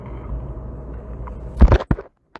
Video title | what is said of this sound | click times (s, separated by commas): BMW 325i Radiator installation 2003 | And that just kind of snaps into place over here. | 1.9 s